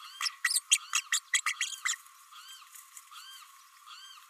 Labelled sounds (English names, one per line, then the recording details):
Green-rumped Parrotlet babbling
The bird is a female
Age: 29 days
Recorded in a nest box in Venezuela
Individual 17B32A5